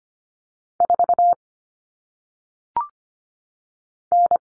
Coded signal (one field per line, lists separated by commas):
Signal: Morse code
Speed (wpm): 25 wpm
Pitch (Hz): 700 Hz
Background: none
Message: 4 N